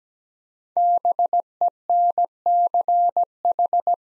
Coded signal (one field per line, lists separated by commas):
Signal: Morse code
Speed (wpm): 17 wpm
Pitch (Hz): 700 Hz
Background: none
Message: BENCH